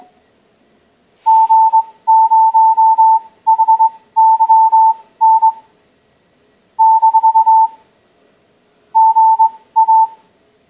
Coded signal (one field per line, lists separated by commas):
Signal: Morse code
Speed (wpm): 20 wpm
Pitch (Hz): 890 Hz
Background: none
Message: G0HYN - GA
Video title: G0HYN - Android morse code teaching application - Test 2